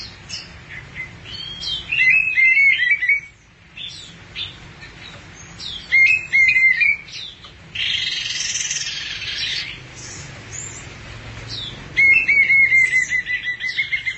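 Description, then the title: Thrush song: bursts of rapid, chattering trills every few seconds, broken midway by a harsh, scratchy rasping sound. "burung anis x"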